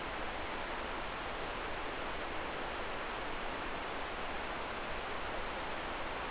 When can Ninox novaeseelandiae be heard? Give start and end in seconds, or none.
none